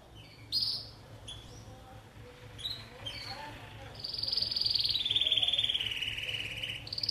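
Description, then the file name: Canary song of scattered high chirps, then a longer bright trilled phrase that slides downward, over steady low background hum. "Canary Voice"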